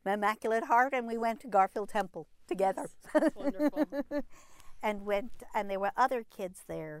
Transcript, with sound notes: Immaculate Heart and we went to Garfield Temple together. (they laugh)
That's wonderful.
And there were other kids there